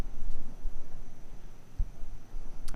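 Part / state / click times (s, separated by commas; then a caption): lock cylinder retaining clip onto a car door lock cylinder / not seated / none. A metal retaining clip is handled inside the door of a 1991 Pontiac Firebird Trans Am while it is being slid sideways onto the car door lock cylinder, to be pushed down so it locks in place. Low rustling and handling noise fill the clip, with a couple of faint sharp ticks near the very end at 2.7 s. Nothing has seated or clicked into place yet.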